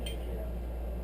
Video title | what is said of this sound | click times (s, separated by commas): XS650 The Big Bore Part 15(Jug & Piston prep for installation) | There we go. Did you hear it pop? That's what you're looking for in this type of a torque wrench. | 0.1 s